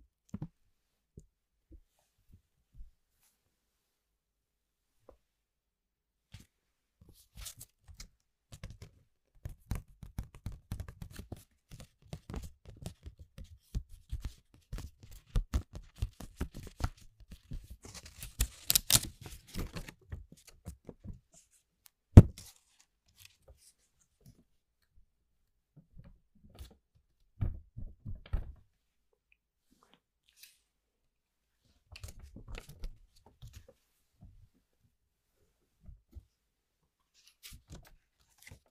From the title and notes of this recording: 13 different triggers with simple things but big sounds that I find around the house.